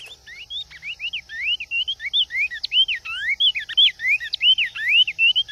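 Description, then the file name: Cinnamon tanager singing: quick, jumbled whistles of varied shape, rising and falling, growing louder midway and running without break. "Canto do bico de veludo"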